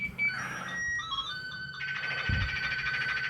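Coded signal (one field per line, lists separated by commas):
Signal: SSTV (slow-scan television)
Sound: steady calibration-like tones, then a fast warbling, rhythmically ticking screech of shifting tones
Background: steady hum, brief thump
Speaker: donc là j'ai sélectionné une image et j'envoie donc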